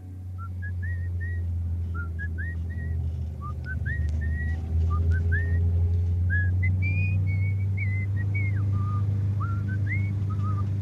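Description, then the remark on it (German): A whistle plays a lively, wandering tune of short, high notes that rise and dip in pitch, carried over a steady low engine-like rumble throughout. “Lassen Sie die Pfeife rein”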